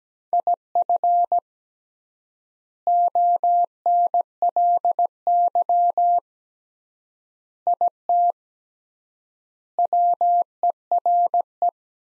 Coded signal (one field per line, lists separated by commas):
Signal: Morse code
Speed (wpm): 17 wpm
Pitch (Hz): 700 Hz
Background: none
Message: IF ONLY IT WERE